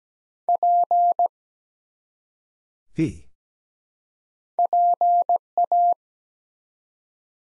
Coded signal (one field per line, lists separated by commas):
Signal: Morse code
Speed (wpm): 17 wpm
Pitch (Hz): 700 Hz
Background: none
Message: P PA